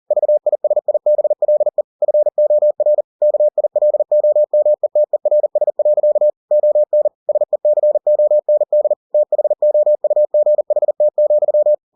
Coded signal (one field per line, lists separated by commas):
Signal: Morse code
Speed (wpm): 40 wpm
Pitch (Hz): 600 Hz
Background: none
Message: VISIBLE FOR KILOMETERS. ON SECOND THOUGHT,